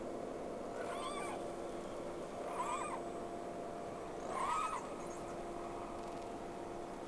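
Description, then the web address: Whale calls: three arched, harmonic-rich tonal calls that rise and fall, spaced about two seconds apart, over a steady background hum and hiss. Two whales, recorded from a vessel on 3 October 2006 at 11:30, during the first round. "Sea Snake 10-3-06 Whales X 2 11-30 Round 1"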